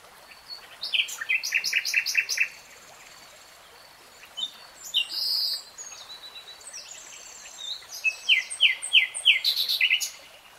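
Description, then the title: Nightingale singing varied phrases: runs of rhythmic repeated notes and a drawn-out note, with short quiet gaps between. Nightingale singing, from a three-hour recording in real time. "[Tiếng chim hót] 3 Hours REALTIME Nightingale Singing"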